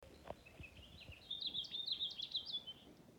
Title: House finch singing